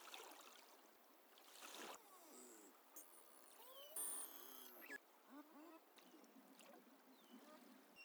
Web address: BELUGA sound